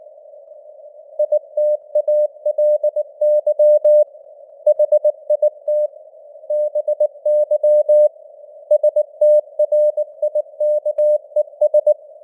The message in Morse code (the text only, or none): ITALY HIT BY STRIKES